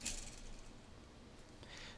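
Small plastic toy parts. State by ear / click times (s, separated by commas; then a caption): not seated / none. Someone pushes on the chest of a plastic Transformers: Cyberverse Warrior Class Bumblebee toy to make its left arm swing up and lock in its raised position, producing a short bright plastic rattle at the start and then quiet, faint handling noise. The arm does not lock into place, and nothing has seated or clicked yet.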